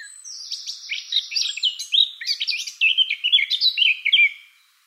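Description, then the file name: Eurasian blackcap delivering a steady, fast, rambling warble of mixed sweet and scratchy notes for several seconds before fading. "Sylvia atricapilla"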